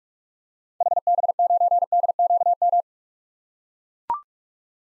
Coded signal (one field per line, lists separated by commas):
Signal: Morse code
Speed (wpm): 42 wpm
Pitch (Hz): 700 Hz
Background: none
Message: HB9DQM